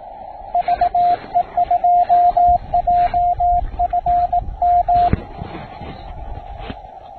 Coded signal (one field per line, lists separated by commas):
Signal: Morse code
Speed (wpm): 20 wpm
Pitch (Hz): 690 Hz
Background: radio noise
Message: VE2JFM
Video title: SOTA Signals from Signal Butte